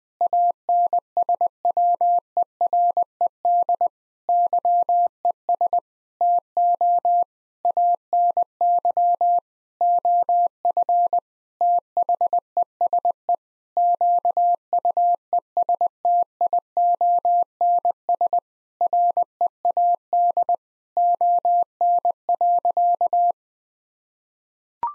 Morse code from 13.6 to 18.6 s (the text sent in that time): QUESTIONS